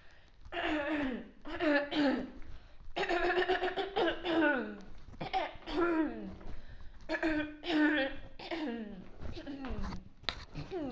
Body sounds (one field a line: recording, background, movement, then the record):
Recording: throat clearing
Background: quiet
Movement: walking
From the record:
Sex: female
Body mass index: 18.3 kg/m2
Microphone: on the chest, facing outward